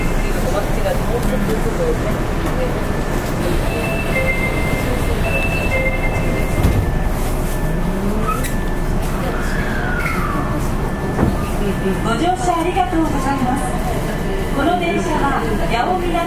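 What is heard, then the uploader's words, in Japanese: An Osaka city subway 30000 series train runs with a steady, dense low rumble throughout. Tonal whines rise and fall, with thin high tones around four to seven seconds and a gliding whine near ten seconds. Faint voices and brief clatters surface toward the end. 大阪市営地下鉄 30000系 谷町線 谷町４丁目から八尾南まで。大阪市交通局 30000系電車の走行音です。谷町線で録音しました。It is a running sound of the Osaka city subway 30000 series train.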